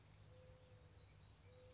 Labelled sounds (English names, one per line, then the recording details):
Mourning Dove
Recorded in Sonoma County, California